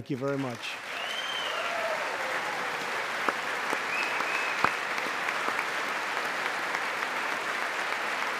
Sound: applause

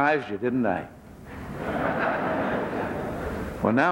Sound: laughter

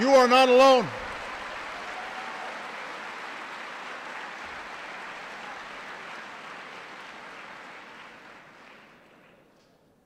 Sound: applause

